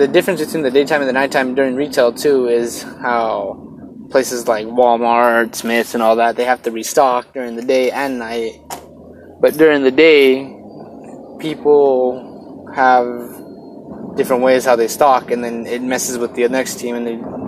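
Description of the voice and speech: An adult man speaks in a car with stuttering; his speech is not the best, with drawn-out sounds and halting pauses between words.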